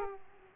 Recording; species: mosquito wingbeat signal from an infrared sensor; Aedes aegypti